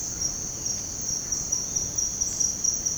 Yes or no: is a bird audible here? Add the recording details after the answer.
no. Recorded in dense forest near Puerto Asís, Putumayo, Colombia, on 18 February 2024 at 07:30. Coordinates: 0.503, -76.322. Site G6418